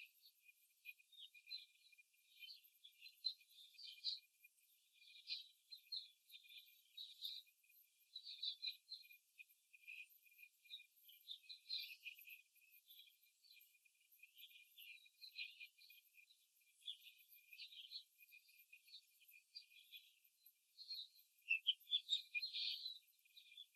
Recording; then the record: young laying hens in a cage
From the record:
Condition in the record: control cage, after the stress test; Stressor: none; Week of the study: 4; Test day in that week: 3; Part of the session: 1